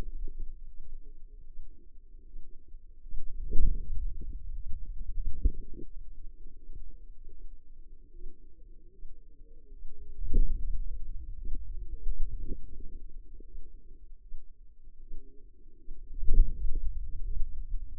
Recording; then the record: forearm muscle sounds (acoustic myography)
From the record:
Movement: hand closing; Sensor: system 2, bracelet of six BSWA MPA416 microphones around the upper forearm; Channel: 1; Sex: female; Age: 25 years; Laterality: right